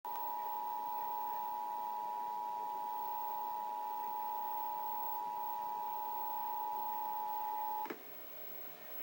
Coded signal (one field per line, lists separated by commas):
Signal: Emergency Alert System (SAME) tones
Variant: 853 and 960 Hz attention tone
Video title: National EAS test providence RI market snafu